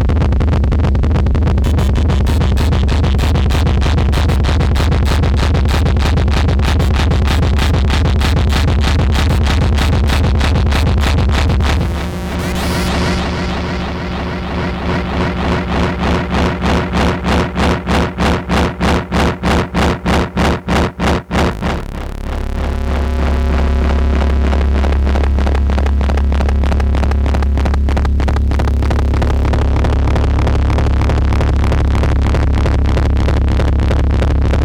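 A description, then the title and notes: Dense synthetic noise with a heavy low hum runs throughout, overlaid by rapid rhythmic pulsing that speeds into a tight flutter between about 12 and 21 seconds. A steadier, thicker drone then returns, with scattered bursts and stutters toward the end. This track aimed to go from a simple sine wave to textured soundscapes and rhythmic noise.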